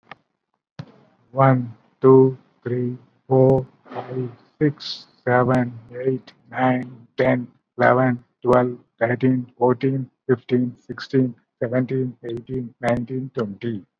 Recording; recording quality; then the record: counting at a normal pace; excellent, no background noise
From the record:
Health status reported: COVID-19 positive, mild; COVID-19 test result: positive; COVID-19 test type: RT-PCR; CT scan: not taken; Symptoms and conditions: sore throat, diabetes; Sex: male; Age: 62 years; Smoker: no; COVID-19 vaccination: none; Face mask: worn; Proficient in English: no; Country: India